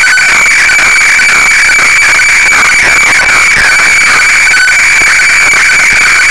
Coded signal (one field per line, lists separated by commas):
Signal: weather fax (radiofax)